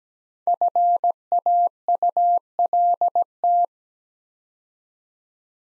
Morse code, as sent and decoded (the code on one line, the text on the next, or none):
..-. .- ..- .-.. -
FAULT